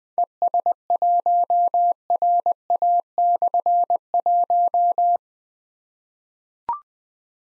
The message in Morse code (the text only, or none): ES1RA/1